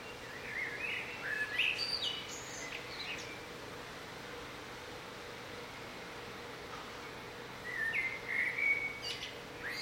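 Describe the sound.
Bird singing two separate bursts of quick, high chirping phrases several seconds apart, with a long stretch of steady hiss and faint hum between them.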